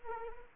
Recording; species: mosquito wingbeat signal from an infrared sensor; Anopheles arabiensis